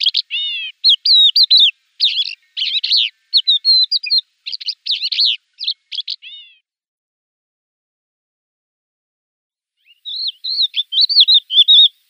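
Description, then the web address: Crested lark song of quick twittering and whistled phrases for about six seconds, then silence for three seconds before another lively burst begins. "Schulze Peter Crested Lark song"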